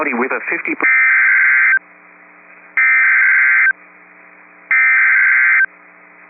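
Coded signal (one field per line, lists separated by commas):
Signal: Emergency Alert System (SAME) tones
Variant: header bursts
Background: speech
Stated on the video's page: Flash flood warning relayed on NOAA Weather Radio station WXL78.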